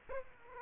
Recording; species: mosquito wingbeat signal from an infrared sensor; Aedes aegypti